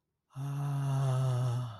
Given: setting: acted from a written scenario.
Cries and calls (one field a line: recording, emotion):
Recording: vocal sound without words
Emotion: awe